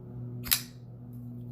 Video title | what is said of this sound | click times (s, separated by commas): Comparing Grails! Koenig Arius and CKF Evolution | very swoopy and clicks into place | 0.5 s